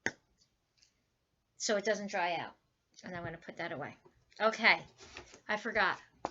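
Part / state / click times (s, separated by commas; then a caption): cap onto glue bottle / seated / 0.1 s. A plastic cap snaps onto a glue bottle with a sharp pop at 0.1 s, seating closed to keep the glue from drying out. Someone then talks.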